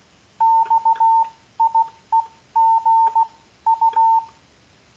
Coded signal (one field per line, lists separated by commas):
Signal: Morse code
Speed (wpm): 16 wpm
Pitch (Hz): 900 Hz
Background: none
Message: XIEGU